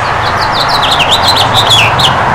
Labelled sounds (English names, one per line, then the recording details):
House Finch song
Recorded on Long Island, New York, on 14 June 2012
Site GL
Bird D